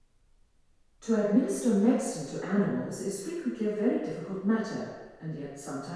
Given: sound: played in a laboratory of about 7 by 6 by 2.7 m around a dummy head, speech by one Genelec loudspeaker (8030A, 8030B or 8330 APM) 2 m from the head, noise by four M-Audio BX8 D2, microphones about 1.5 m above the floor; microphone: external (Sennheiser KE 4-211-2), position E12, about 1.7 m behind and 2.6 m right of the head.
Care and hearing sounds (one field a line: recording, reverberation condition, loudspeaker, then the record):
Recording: female speech in English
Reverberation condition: high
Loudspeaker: 150 degrees to the left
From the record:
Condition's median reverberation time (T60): about 1300 ms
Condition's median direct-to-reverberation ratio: about -4.0 dB